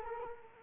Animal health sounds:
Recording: mosquito wingbeat signal from an infrared sensor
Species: Culex quinquefasciatus

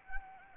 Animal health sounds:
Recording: mosquito wingbeat signal from an infrared sensor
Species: Anopheles arabiensis

